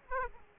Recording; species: mosquito wingbeat signal from an infrared sensor; Aedes aegypti